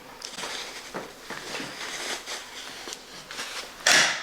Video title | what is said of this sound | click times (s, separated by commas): GRACO 4 In 1 Bassinet! Unboxing/Assembly Made Easy! Best Portable Bassinet! #babyproducts #momtobe | You want to push down and click into place. | 3.9 s